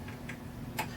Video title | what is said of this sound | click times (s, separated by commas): Squaring the Festool MFT3 | And lock these. | 0.3 s, 0.8 s